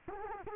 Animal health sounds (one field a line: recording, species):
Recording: mosquito wingbeat signal from an infrared sensor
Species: Culex quinquefasciatus